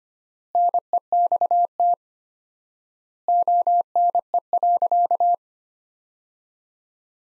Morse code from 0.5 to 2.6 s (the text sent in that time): NEXT